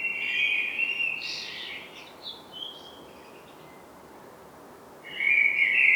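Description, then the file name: Common blackbird song, a fluted phrase trailing into thin high twitters, a short spell of near silence, then the next phrase begins. "Turdus merula"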